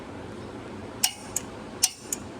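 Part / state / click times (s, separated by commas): torque wrench on wheel lug nut / torque reached / 1.0 s, 1.8 s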